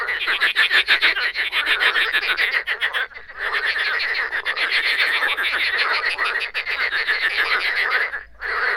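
Frog chorus of rapid rasping croaks, with two short lulls where the calling briefly drops away before resuming.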